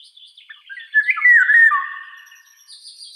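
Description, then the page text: Eurasian golden oriole song: a loud, fluty, liquid phrase that swoops downward, preceded by soft scratchy notes and followed by faint high twittering. "Иволга обыкновенная (Oriolus oriolus) - Пение"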